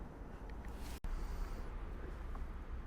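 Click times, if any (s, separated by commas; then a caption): none. The emptied plastic toilet cassette of a 2017 Hobby Vantanta K657 motorhome is lifted and lined up with its bay in the hatch before being pushed in, against a steady low rumble with faint taps at about 0.5, 0.7 and 2.4 seconds and a brief near-silent gap around 1.0 second. Nothing has seated or clicked yet.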